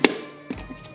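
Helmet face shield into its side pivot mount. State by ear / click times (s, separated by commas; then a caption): seated / 0.1 s. A removable motorcycle-style helmet face shield is refitted by pulling its plastic pivot into the side mount until it locks. A sharp snap is heard at 0.1 s as the shield seats, followed by a fainter thud around 0.5 s. No one speaks in the clip.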